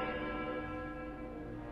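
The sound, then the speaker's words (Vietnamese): An antique Western clock in a corner of the house chimes with a rich, sustained bell tone full of layered overtones, ringing steadily and evenly for the whole moment with no voices. “Tiếng cái đồng hồ tây cổ vang lên trong góc nhà.”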